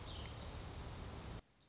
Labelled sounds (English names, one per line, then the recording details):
Dark-eyed Junco
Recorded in Sonoma County, California